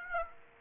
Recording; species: mosquito wingbeat signal from an infrared sensor; Aedes aegypti